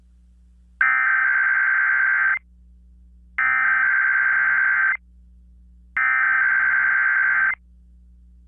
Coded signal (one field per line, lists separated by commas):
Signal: Emergency Alert System (SAME) tones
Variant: header bursts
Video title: KDKA Random Required Weekly Test from January 10th 2022 (EAS#428)